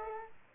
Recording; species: mosquito wingbeat signal from an infrared sensor; Aedes aegypti